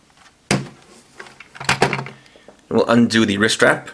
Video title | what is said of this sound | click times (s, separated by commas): DX Tiger Dora Review (Avataro Sentai DonBrothers) | slide in from this side until it locks into place | 0.5 s